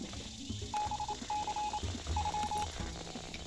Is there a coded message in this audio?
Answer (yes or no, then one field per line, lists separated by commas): no